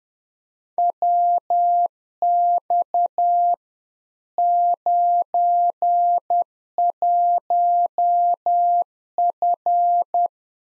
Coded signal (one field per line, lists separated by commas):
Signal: Morse code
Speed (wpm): 10 wpm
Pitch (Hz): 700 Hz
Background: none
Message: WX 91F